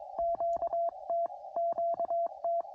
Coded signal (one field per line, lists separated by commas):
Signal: Morse code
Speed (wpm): 22 wpm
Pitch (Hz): 680 Hz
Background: radio noise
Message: QT QT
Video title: 100% Homebrew POTA Activation